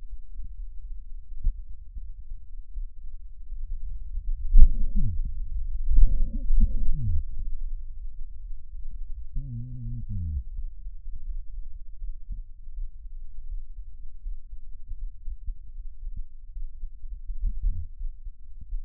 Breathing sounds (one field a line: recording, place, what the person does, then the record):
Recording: lung sounds by stethoscope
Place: left anterior apical chest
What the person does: quiet breathing, then cough and speech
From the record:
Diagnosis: interstitial lung disease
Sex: male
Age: 61 years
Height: 172 cm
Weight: 71 kg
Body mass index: 24.0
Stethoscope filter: bell mode